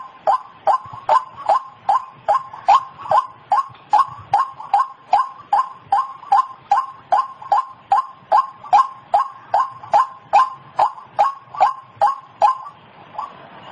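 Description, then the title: White-breasted Waterhen giving a fast, regular run of harsh grunting calls that stops near the end, leaving faint hiss. Call used as a lure for wild birds. "Panggilan Ruak Ruak Liar"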